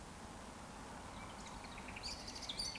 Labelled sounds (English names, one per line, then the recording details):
Eurasian Woodcock whistle
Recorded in Baden-Württemberg, Germany, on 13 June 2020 at 19:25 UTC
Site 14569, 102 m above sea level